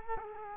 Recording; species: mosquito wingbeat signal from an infrared sensor; Culex quinquefasciatus